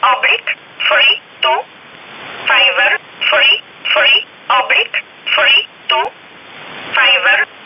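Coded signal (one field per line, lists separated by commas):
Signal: numbers station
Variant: E11 Oblique, English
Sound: a voice reading about ten short, evenly spaced words, through narrowband radio hiss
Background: radio static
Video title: 26 06 2019 E11 Oblique Numbers station in English 0900 on 7439 unknown tx site in USB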